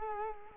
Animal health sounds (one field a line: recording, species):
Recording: mosquito wingbeat signal from an infrared sensor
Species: Culex quinquefasciatus